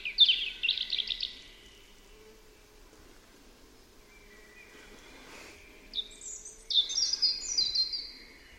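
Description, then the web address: European robin song: a thin, high warbling phrase, a long pause with faint hiss, then two more tinkling, sliding phrases near the end. "Deverinetal 2025 File origin Bird Only Er Ru"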